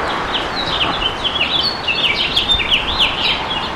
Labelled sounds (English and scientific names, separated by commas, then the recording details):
House Finch (Haemorhous mexicanus) song
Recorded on Long Island, New York, on 11 June 2012
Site OP
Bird B